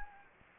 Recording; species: mosquito wingbeat signal from an infrared sensor; Anopheles gambiae